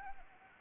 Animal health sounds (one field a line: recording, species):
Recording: mosquito wingbeat signal from an infrared sensor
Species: Anopheles arabiensis